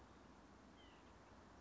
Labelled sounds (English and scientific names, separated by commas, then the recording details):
White-breasted Nuthatch (Sitta carolinensis)
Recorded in Sonoma County, California